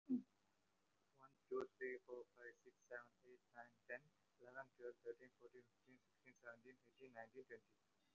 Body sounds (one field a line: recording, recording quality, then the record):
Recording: counting at a fast pace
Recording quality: excellent, no background noise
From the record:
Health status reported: recovered from COVID-19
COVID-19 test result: positive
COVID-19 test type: RT-PCR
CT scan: not taken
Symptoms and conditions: cold, asthma, another condition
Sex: male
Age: 19 years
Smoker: no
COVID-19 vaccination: one dose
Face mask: worn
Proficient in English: yes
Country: India